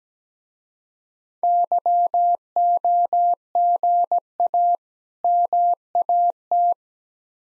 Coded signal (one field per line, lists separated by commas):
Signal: Morse code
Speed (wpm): 17 wpm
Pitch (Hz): 700 Hz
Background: none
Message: YOGA MAT